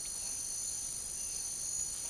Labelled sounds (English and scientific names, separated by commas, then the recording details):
none
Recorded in secondary vegetation near Puerto Asís, Putumayo, Colombia, on 21 March 2025 at 08:00
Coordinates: 0.489, -76.322
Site G042